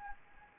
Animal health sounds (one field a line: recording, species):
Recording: mosquito wingbeat signal from an infrared sensor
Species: Anopheles gambiae